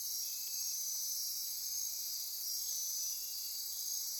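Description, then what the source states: Insect chorus, a continuous shrill, even buzzing drone of many callers, with a few soft brief tones mixed in. Insect chorus recorded at midnight near Corcovado.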